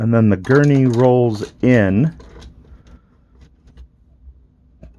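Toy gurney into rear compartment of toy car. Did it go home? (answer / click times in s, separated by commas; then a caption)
no / none. Someone talks, then the plastic gurney of a Hasbro Ghostbusters Ecto-1 (1984) Plasma Series toy car is rolled into the vehicle's back compartment, making only a few faint, soft taps. Nothing clicks or seats into place; the gurney just rests there and will roll out if the car is jostled.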